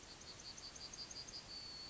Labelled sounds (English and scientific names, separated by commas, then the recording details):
Yellowhammer (Emberiza citrinella) song
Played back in forest
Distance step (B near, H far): G
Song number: 134